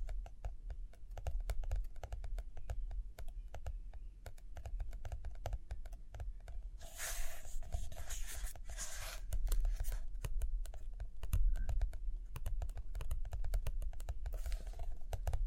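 Quick, dense tapping runs through the whole stretch, sharp little clicks packed close together over a low steady hum. Around seven to nine and a half seconds, bright rustling swells in as a page is turned, then the busy tapping carries on alone.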